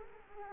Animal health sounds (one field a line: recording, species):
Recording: mosquito wingbeat signal from an infrared sensor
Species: Culex quinquefasciatus